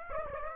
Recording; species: mosquito wingbeat signal from an infrared sensor; Aedes aegypti